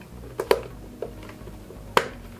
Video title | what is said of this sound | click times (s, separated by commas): HOW TO REPLACE REMOVE SIDE MIRROR TURN SIGNAL LIGHT BULB ON FORD FIESTA MK7 ST | and push until it locks in place everything's perfect now | 2.0 s